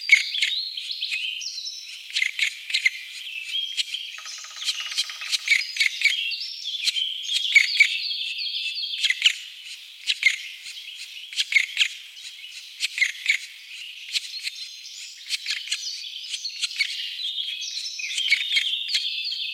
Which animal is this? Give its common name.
Black Woodpecker